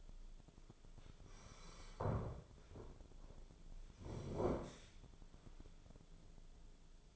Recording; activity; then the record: daily activity, microphone in the room; sit down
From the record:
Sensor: 5